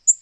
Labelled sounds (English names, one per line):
Black-throated Green Warbler flight call